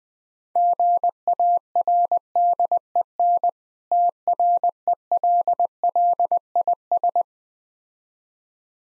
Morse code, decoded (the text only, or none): GARDEN TRELLIS